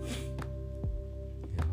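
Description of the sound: A single abrupt, harsh cough bursts out about half a second in, followed by a brief breathy exhalation. A plain cough from an adult man who has occasional coughing fits and whose voice will barely come out, in a small room over a faint steady hum.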